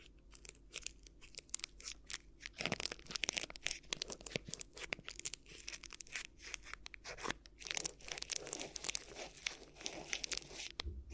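A crinkly ear massage: dense, crackling rustles and crunches run throughout, bright and sharp with a steady low hum beneath. Sharp bursts stand out near three and seven seconds, and the texture grows busier and rougher in the second half.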